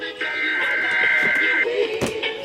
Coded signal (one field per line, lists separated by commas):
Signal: Emergency Alert System (SAME) tones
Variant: header bursts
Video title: 2x FLWs (one with slight glitch) on WXJ84, WKWS & WVAF (2/4/22) EAS 574-579